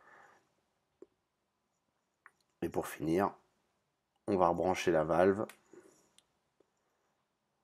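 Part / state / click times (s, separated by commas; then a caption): electrical connector onto fuel tank vent valve / seated / 6.2 s. An electrical plug is reconnected to the fuel tank vent valve of a BMW X5 E53; the plug is keyed so it only fits one way. Someone talks, with a few faint taps around 1.0 s and 2.3 s, then a short click at 6.2 s as the connector seats in place.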